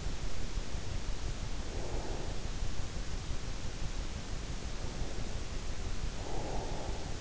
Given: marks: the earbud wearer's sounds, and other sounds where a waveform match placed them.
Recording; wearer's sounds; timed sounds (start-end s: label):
sounds in sleep by an in-ear microphone; breath
0.22-3.03 s: breath
5.07-7.21 s: breath